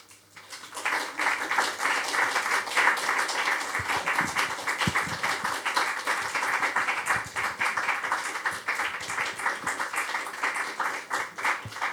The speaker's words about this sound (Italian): Leggi. Applaudi. Cioè, se vuoi. Se vuoi applaudi, se non vuoi non applaudire. Voglio dire, non devi applaudire se non vuoi.